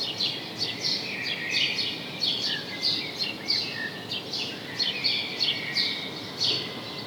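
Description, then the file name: House sparrow chirps, quick bright notes repeated about one to two per second, with steady hiss behind. "Passer domesticus"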